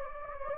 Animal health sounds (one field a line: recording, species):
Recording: mosquito wingbeat signal from an infrared sensor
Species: Anopheles gambiae